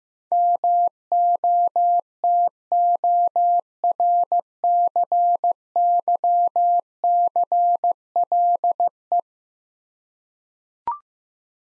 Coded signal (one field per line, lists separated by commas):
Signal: Morse code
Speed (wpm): 16 wpm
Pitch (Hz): 700 Hz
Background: none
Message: MOTORCYCLE